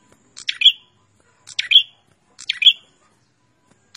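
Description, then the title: Prinia song: three sharp, buzzy two-part chirps evenly spaced about a second apart, bright and high. Described as a vigorous, frequently singing prinia, used as a master recording for training cage birds. "Suara Burung Prenjak Gacor Mantul untuk Masteran"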